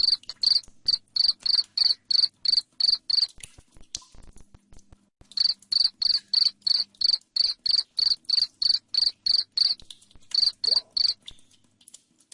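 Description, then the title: Cricket chirping, loud high pulses about three per second, a pause near four seconds, then a long steady run resuming. Loud chirping cricket, played to make lovebirds keep singing their long trilling song. "Suara JANGKRIK NGERIK Keras Bikin LOVEBIRD Jadi NGEKEK Terus Vubey"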